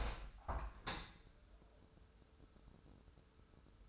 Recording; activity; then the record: daily activity, microphone in the room; open window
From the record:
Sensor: 2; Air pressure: 1014.8 hPa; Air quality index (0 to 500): 28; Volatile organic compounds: 1 ppm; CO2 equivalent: 521 ppm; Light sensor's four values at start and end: 8/19/8/8 and 9/20/8/8